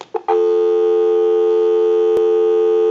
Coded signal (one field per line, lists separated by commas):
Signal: telephone call progress tone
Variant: North America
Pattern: dial tone